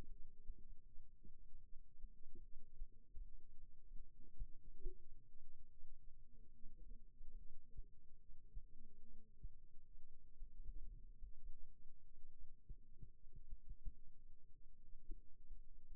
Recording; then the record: forearm muscle sounds (acoustic myography)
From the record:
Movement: rest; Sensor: system 2, bracelet of six BSWA MPA416 microphones around the upper forearm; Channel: 5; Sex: male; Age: 22 years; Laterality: right